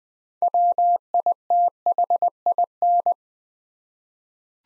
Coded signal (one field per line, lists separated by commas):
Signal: Morse code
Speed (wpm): 20 wpm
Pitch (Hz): 700 Hz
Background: none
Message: WITHIN